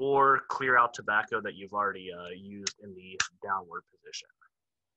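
Someone talks while handling a Lotus Duke V serrated cigar lighter with a built-in V-cutter, moving its cutter arm toward the downward position in the lighter body. The arm has not clicked into its detent yet, and nothing has seated by the end.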